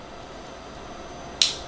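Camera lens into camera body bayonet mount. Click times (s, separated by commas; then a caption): 1.4 s. A lens fitted with a microscope objective is lined up with the red dot on a camera body and twisted in the bayonet mount. The twist is quiet until a single sharp, bright click at 1.4 seconds, and the lens is locked into place.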